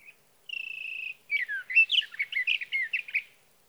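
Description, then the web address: Sage thrasher song opening with a steady, thin whistled note, then breaking into a quick run of jumbled warbling phrases. "birdsongforthecurious Sage Thrasher"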